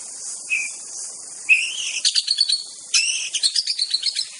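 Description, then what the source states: White-rumped shama song with two short whistled notes, then bursts of fast, high repeated chips, set against continuous shrill insect noise. Wild bird from forest.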